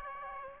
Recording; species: mosquito wingbeat signal from an infrared sensor; Aedes aegypti